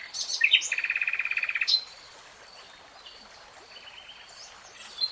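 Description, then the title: Nightingale song: a few sharp opening notes, then a fast even rattle of repeated notes lasting about a second, followed by a soft, trailing faint phrase. "[Tiếng chim hót] Nightingale Singing"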